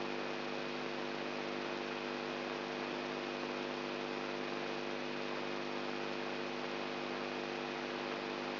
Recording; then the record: brain microelectrode recording played as sound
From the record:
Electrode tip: outside the subthalamic nucleus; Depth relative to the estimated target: -2 mm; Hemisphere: right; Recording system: AlphaMap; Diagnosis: Parkinson's disease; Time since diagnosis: 13 years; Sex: female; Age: 63 years